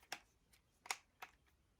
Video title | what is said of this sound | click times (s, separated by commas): Flosstube #1 Spring 2022 | so the lens pops out like this | 0.1 s